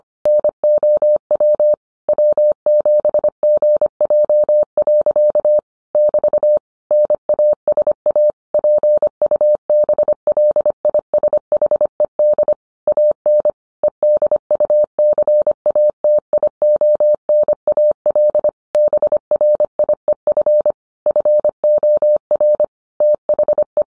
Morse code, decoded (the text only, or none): NOW W7GJ. <BT> NASA PUBLISHED AN EDUCATIONAL BRIEF FOR THE